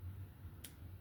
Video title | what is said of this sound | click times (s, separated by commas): Civivi Qubit Disassembly, cleaning, reassembled a Plunge Lock. | that you'll hear a click hopefully | 0.6 s